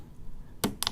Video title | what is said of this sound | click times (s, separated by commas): The Ultimate 1911 Maintenance Video | clockwise I heard it click so it came out | 0.8 s